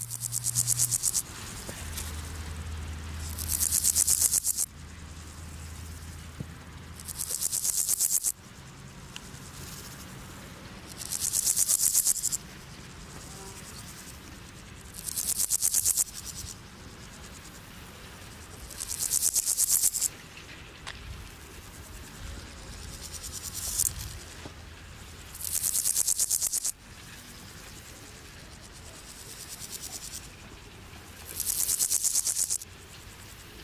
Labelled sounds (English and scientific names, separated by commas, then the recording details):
Meadow Grasshopper (Chorthippus parallelus) stridulation
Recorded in the wild
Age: imago
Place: Rappelsdorf (b. Schleusingen), Thüringen, DE
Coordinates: 50.5, 10.7167
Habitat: wet meadow
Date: 1987-08-22 13:40
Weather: sunny, 24,7°C in the shade, 28,7°C in the sun
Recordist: Tembrock, Günter